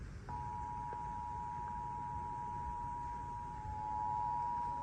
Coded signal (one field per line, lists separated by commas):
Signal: Emergency Alert System (SAME) tones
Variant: 853 and 960 Hz attention tone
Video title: EAS Severe Thunderstorm Warning EAS#243